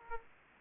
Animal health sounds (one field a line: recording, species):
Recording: mosquito wingbeat signal from an infrared sensor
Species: Aedes aegypti